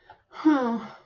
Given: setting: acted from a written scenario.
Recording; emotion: vocal sound without words; contentment